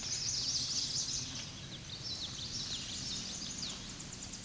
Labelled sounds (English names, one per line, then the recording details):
Common Yellowthroat song
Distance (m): 40 m
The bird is about 5 m below the microphone
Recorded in a Pennsylvania forest on 16 May 2024 at 08:05
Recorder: AudioMoth, point MSD-0508
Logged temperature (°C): 15.5 °C
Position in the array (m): 56 m, 145 m